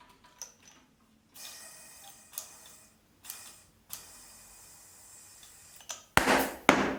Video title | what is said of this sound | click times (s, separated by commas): Ninebot Max G30 Tutorial - How to change the tubeless tyre on the front wheel - Segway KickScooter | in technical jargon we say that the tire should snap because when the tire is correctly positioned you can usually hear it snap | 6.2 s, 6.7 s